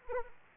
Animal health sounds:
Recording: mosquito wingbeat signal from an infrared sensor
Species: Anopheles arabiensis

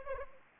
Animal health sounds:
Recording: mosquito wingbeat signal from an infrared sensor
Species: Anopheles arabiensis

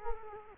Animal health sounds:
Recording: mosquito wingbeat signal from an infrared sensor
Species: Culex quinquefasciatus

